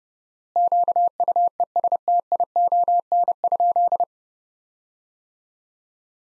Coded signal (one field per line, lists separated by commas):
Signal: Morse code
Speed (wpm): 32 wpm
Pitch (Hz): 700 Hz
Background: none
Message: QUESTION?